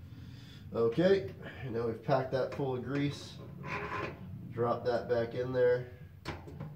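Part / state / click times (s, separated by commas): driver/freehub body into a BMX rear hub / seated / 6.6 s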